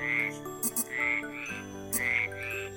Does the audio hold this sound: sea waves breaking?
no